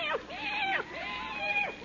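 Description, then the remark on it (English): A cat meows twice in a row outdoors on a dark, moonless night in a Jack Benny radio comedy scene, each call a drawn-out, wavering cry that rises and then falls in pitch, fairly loud and on its own without talking. “Hello, kitty. Hey, kitty, kitty, kitty, kitty.”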